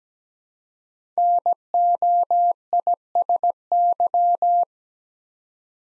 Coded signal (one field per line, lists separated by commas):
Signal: Morse code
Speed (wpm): 17 wpm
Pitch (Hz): 700 Hz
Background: none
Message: NOISY